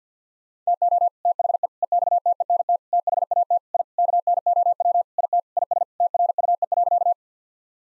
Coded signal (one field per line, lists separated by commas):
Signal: Morse code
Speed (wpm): 50 wpm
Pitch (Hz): 700 Hz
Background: none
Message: TO THE EXTENT THAT I KNOW IT IS TRUE.